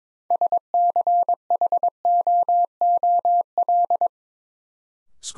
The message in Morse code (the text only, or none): SCHOOL